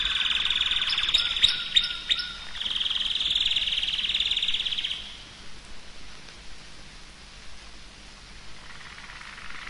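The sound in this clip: Canary song: rapid rolling trills and sharp chips around the middle pitches for five seconds, then fading to faint, scattered notes and quiet background.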